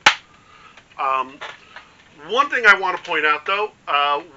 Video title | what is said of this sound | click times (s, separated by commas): Dart Zone Vulcanator Review | while these do snap into place and it seems like they hold very well they're | 0.1 s